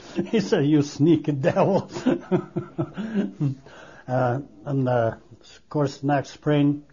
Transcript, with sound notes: He said, "You sneaky devil." (he laughs) And, of course, next spring,